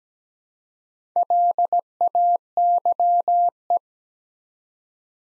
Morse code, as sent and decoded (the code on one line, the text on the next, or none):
.-.. .- -.-- .
LAYE